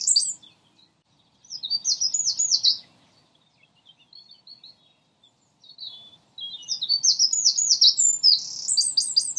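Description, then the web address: Common nightingale: songbird phrases of quick high chirps and short trills separated by quiet gaps, building into a longer run of rapid repeated notes at the end. More than one nightingale, recorded at Lodge Hill. "owen Lodge Hill nightingales"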